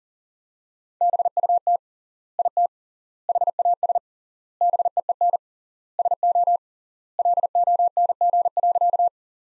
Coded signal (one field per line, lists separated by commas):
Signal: Morse code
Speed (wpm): 40 wpm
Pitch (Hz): 700 Hz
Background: none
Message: BUT IT HAS BEEN SO LONG.